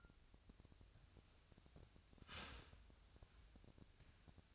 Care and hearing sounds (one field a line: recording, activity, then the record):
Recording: daily activity, microphone in the room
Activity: start toaster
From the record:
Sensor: 2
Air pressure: 1001.7 hPa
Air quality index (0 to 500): 246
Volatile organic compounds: 37 ppm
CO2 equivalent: 3097 ppm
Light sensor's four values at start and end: 10/31/12/12 and 10/31/12/12